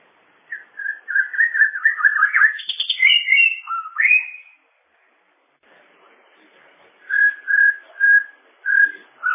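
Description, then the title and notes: A bird sings a fast run of warbled whistles that climbs and twists. After a short pause, a series of steady whistled notes repeats evenly. "Bird Sound. Kicau Burung Lengkap"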